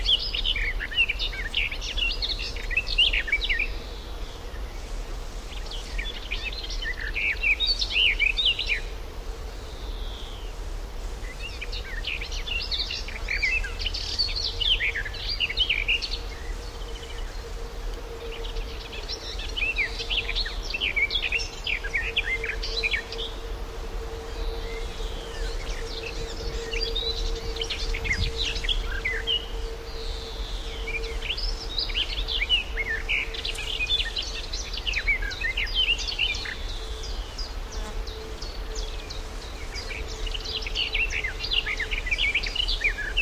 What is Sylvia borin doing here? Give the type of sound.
song